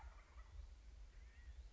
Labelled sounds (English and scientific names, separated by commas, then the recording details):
Wild Turkey (Meleagris gallopavo)
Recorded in Sonoma County, California